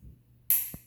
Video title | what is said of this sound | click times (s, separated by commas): How to Use ChiroCynergy's TENS unit | want to make sure you close this plastic lid and hear it snap | 0.5 s